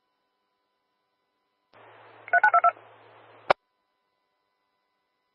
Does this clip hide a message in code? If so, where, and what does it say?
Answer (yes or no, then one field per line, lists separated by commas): yes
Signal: DTMF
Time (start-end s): 2.3-2.7 s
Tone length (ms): 80 ms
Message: 3922